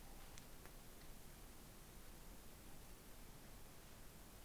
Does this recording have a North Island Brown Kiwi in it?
no